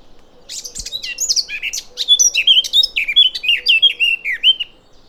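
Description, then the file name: Eurasian blackcap song: a rich, rapid warble of varied fluty and scratchy notes, rising and falling, running steadily for about four seconds. "Sylvia atricapilla"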